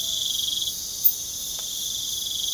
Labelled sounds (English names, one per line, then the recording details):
none
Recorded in pastures near Puerto Asís, Putumayo, Colombia, on 27 June 2025 at 23:00
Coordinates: 0.497, -76.327
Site G040